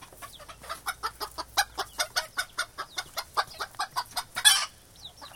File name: chicken